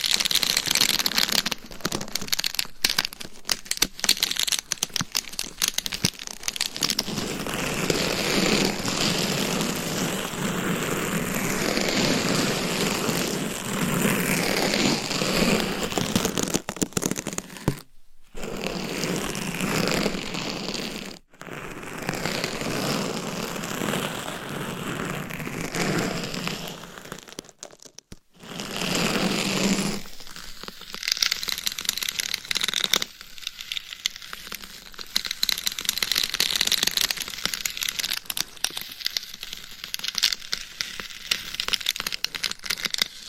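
A microphone is scratched and tapped through gloves and nails, a dense, rough rustling that runs almost without pause. Brief silences break it near 18, 21 and 28 seconds. After about 30 seconds the texture turns thinner and crisper, with sharper crackling scrapes.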